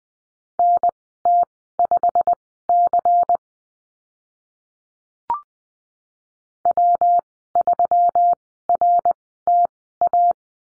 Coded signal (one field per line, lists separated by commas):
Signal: Morse code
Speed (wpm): 20 wpm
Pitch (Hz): 700 Hz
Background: none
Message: NT5C W3RTA